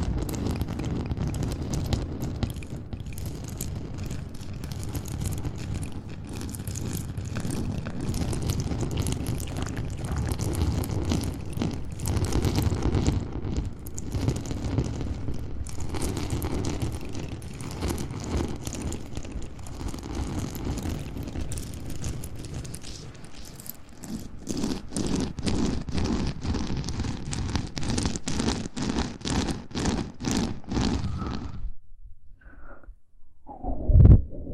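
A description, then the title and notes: Mouth sounds form a dense, continuous stream of wet clicks and crackles over a muffled, rumbling low layer, almost like wind on the microphone. Past the midpoint the clicks grow more separated, then the sound cuts out near thirty-one seconds before a final loud pop. ASMR Tingly Mouth Sound Triggers.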